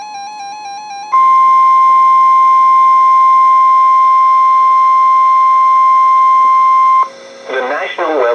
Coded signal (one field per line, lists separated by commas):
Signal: Emergency Alert System (SAME) tones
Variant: 1050 Hz attention tone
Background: speech, music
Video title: Severe Thunderstorm Warning on KEC56 (EAS #1228)